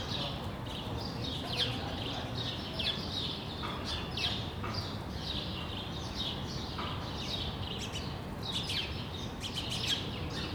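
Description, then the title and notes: Sparrows chattering steadily, many chirps across the whole stretch, with constant low background noise. Several sparrows on Rue de l'épargne, Brussels, Belgium, recorded on World Sparrow Day using Lom mikroUši microphones into a Deity PR-2 recorder. "Rue de l'épargne, Bruxelles, Bruxelles-Capitale, Belgique - World Sparrow Day. Sparrows - moineaux"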